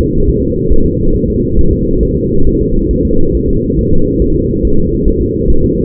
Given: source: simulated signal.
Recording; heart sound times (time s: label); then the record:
fetal heart sounds
0.01 s: S2
0.30 s: S1
0.43 s: S2
0.72 s: S1
0.86 s: S2
1.16 s: S1
1.30 s: S2
1.59 s: S1
1.73 s: S2
2.03 s: S1
2.17 s: S2
2.47 s: S1
2.61 s: S2
2.91 s: S1
3.05 s: S2
3.35 s: S1
3.49 s: S2
3.79 s: S1
3.93 s: S2
4.22 s: S1
4.36 s: S2
4.65 s: S1
4.79 s: S2
5.08 s: S1
5.22 s: S2
5.50 s: S1
5.64 s: S2
From the record:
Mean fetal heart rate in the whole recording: 140 bpm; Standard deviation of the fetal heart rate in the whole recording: 2 bpm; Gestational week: 34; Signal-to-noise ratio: -19.1 dB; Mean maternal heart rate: 72 bpm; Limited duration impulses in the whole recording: present